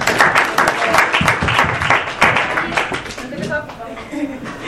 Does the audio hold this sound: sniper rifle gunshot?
no